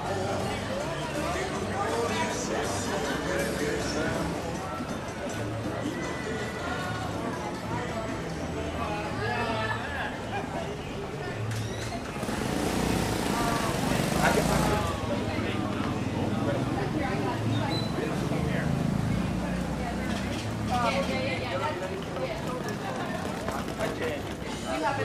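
Walking down 5th Avenue in Playa del Carmen, voices talk and overlap steadily throughout, with a low rumble of vehicles underneath. From about 12 to 15 seconds a louder hissing wash rises over the chatter, then fades back to the busy street murmur.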